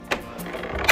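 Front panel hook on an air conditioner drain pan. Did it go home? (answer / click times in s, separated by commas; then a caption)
released / 0.1 s. A plastic front panel on an LG Whisen wall-mounted air conditioner is pulled forward after a fingernail or tool is slipped into the gap between the drain pan and the panel. A sharp snap is heard at 0.1 s as the panel's hook pops free of the drain pan, followed by faint scraping and a fainter tap at 0.6 s. The hook is released.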